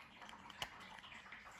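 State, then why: Seated. The two plastic halves of a Jeep key fob shell are lined up by their tabs and pressed together after a CR2450 coin cell battery swap. A few faint ticks come at about 0.3, 0.5 and 1.0 seconds, then one sharp, louder click at 0.6 seconds as the shell seats closed.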